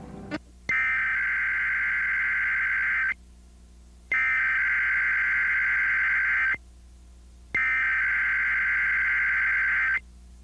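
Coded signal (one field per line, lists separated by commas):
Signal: Emergency Alert System (SAME) tones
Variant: header bursts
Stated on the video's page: Illinois required monthly test captured during a TV broadcast of Theodore Tugboat.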